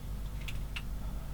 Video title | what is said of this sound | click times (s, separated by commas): TAKOM 1 16 M10 IIC ACHILLES BRITISH TANK DESTROYER D DAY UPDATE 9 | get to lock into place there it is | 0.8 s